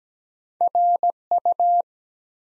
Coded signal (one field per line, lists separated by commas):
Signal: Morse code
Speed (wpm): 17 wpm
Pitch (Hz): 700 Hz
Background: none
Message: RU